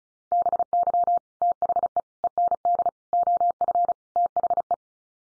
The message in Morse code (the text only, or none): BY THE END OF THE